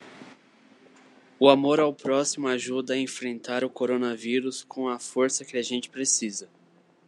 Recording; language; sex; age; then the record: spoken sentence; Brazilian Portuguese; male; 20 to 29 years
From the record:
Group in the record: control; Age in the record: 25 years